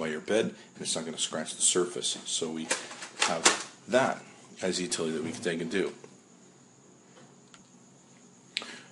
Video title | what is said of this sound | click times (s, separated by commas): iHome iD55 Portable Stereo System with Sliding Cover for iPhone/iPad/iPod Unboxing Review | uh very easy to slide this onto the device and you can hear a click there saying that it's | 8.6 s